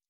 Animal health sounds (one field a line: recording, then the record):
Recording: hydrophone in a shrimp aquaculture tank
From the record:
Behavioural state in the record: stressed